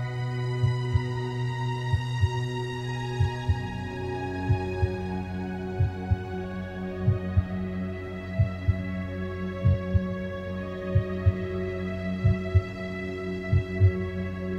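Slow, steady lub-dub heartbeat, about 46 beats a minute, under a continuous low droning hum.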